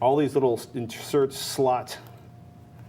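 Someone talks while handling the inner plastic shell of a rugged phone case, fitting its tabs toward the small insert slots it snaps into. Speech fills the first two seconds, then it fades to a quiet, low background. Nothing has seated or clicked yet.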